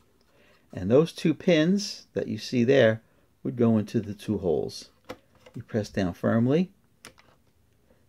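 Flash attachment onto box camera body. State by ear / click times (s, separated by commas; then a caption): seated / 7.0 s. A flash attachment's two pins are pushed firmly into the two holes on a Tower 120 Flash box camera made by Bilora in Western Germany around 1950, while someone talks. A short, sharp click at 7.0 s marks the flash seating onto the camera body.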